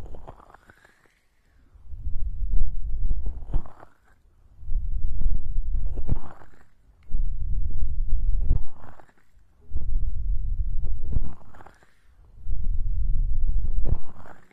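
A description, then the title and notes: An ear massage: slow, regular bursts of deep, muffled rubbing roughly every two and a half seconds, each lasting about a second and a half. Between strokes there are brief quiet gaps, and each stroke ends with a soft upward swish. Ear Massage.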